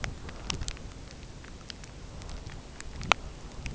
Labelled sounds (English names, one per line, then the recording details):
none
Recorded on Arctic tundra, site UTQI-5, on 13 June 2019
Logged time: 18:00